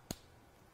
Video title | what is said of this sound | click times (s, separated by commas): The Craft Store UK Live on YouTube! | one of the things I like about the pen is the satisfying click when the lid goes on | 0.1 s